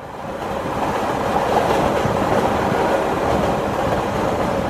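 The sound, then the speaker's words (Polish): A train travelling from Paris to Perpignan runs steadily along the rails, a loud, continuous rumble with a faint rhythmic clatter of wheels underneath, rising in at the start and holding level throughout, with no voices. “I tak z Paryża udaje się pociągiem do Perpignan, miasta leżącego u stóp Pirenejów Wschodnich.”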